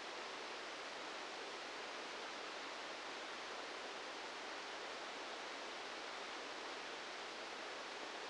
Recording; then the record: brain microelectrode recording played as sound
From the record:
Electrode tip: outside the subthalamic nucleus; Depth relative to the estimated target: -8 mm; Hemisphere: right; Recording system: NeuroSet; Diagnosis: Parkinson's disease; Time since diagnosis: 19 years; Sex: female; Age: 69 years